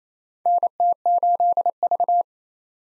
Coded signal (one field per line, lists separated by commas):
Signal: Morse code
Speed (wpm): 27 wpm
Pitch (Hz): 700 Hz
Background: none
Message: NT8V